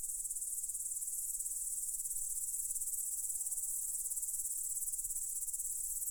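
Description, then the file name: Crickets chirping in an unbroken high, fast-pulsed chorus, accompanied by quiet low background noise. "cvrcci"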